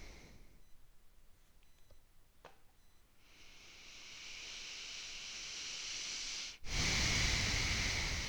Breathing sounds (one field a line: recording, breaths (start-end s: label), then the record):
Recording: nose breathing near a microphone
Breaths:
0.00-0.71 s: exhalation
3.31-6.72 s: inhalation
6.72-8.29 s: exhalation
From the record:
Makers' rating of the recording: medium